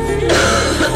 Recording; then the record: coughing mixed with background sound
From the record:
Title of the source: female coughing - coughing sound effects girl